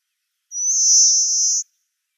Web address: Schulze Peter Pale Rock Sparrow song